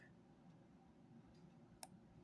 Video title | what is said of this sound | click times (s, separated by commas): Bear and Son Peanut Pocket Knife | do you hear that snaps a little bit | 1.8 s